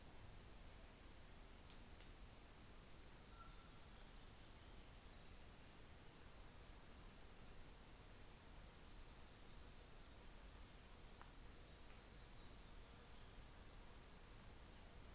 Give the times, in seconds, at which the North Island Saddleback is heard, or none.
none